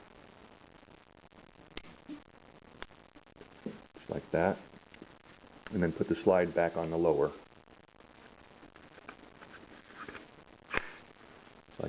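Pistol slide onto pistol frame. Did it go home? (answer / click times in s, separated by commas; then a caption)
no / none. Someone talks while a Glock 21SF pistol slide is put back onto the lower frame during reassembly, with faint handling taps and a sharper knock near 10.8 seconds. The slide has not locked or clicked into place yet; it still has to be pushed backwards.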